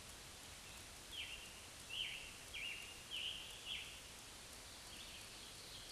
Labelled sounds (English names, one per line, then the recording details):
Scarlet Tanager song
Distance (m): 55 m
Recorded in a Pennsylvania forest on 1 June 2023 at 08:07
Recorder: AudioMoth, point grid3_36_low
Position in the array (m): 162 m, 144 m